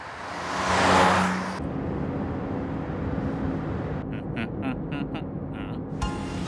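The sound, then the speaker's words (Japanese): A car engine hums steadily while driving, with a louder whooshing swell in the first second and a low droning rumble throughout, plus faint high ticking tones toward the end. “なんだ 後ろの車、なんかやばい。”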